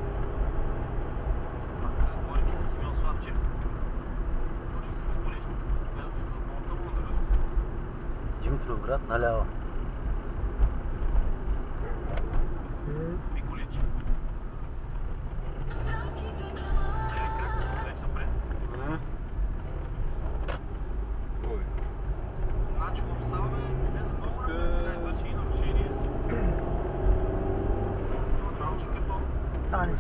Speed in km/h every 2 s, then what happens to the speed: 49, 48, 45, 42, 40, 39, 32, 20, 21, 21, 22, 25, 31, 38, 37.
0-14 slows to 20. 14-21 steady at about 21. 21-26 speeds up to 38.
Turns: 14-20.